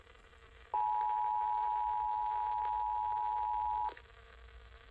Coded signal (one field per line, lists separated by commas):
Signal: Emergency Alert System (SAME) tones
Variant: 853 and 960 Hz attention tone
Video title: WGCU Weekly Test + WDLV Relay (1/2/23) (EAS # 1578-1579)